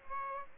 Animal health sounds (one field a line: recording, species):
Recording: mosquito wingbeat signal from an infrared sensor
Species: Aedes aegypti